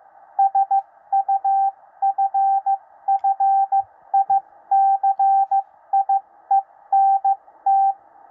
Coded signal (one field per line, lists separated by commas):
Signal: Morse code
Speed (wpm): 15 wpm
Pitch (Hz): 780 Hz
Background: radio noise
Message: SUFFICIENT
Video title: 13 WPM CODE PRACTICE - W1AW